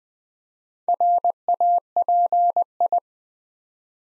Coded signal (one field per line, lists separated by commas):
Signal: Morse code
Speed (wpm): 20 wpm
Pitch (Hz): 700 Hz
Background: none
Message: RAPI